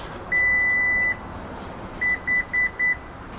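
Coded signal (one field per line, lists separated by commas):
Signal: none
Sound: car seat memory beeps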